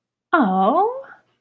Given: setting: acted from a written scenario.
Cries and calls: vocal sound without words; positive surprise

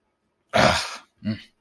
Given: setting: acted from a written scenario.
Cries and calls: vocal sound without words; anger

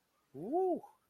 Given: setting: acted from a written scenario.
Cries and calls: vocal sound without words; realization

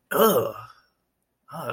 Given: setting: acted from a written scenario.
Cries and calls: vocal sound without words; disgust

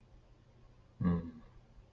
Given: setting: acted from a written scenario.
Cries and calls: vocal sound without words; sympathy

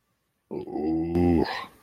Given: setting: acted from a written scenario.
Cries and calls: vocal sound without words; contempt

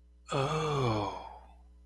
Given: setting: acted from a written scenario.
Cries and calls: vocal sound without words; realization

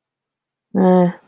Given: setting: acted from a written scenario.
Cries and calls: vocal sound without words; neutral

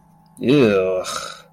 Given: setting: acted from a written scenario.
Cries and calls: vocal sound without words; disgust

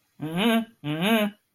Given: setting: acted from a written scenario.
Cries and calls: vocal sound without words; contempt

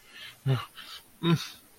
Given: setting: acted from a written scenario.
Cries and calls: vocal sound without words; distress

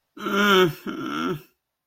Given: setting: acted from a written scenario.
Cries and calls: vocal sound without words; embarrassment

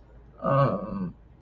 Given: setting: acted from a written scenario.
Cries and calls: vocal sound without words; shame

